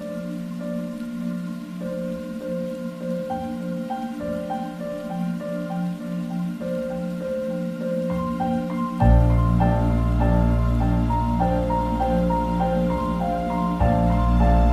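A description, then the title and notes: Music with soft rain: a steady melody of sustained tones over a faint hiss, growing fuller with a deep bass entering near nine seconds. Relaxing minecraft music with soft rain.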